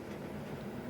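A small USB receiver dongle is slid toward its magnetic storage slot in a plastic wireless presenter body. Only a steady low rumble with a faint broadband hiss is heard, with no distinct transients. Nothing has seated or clicked yet.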